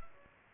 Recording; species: mosquito wingbeat signal from an infrared sensor; Culex pipiens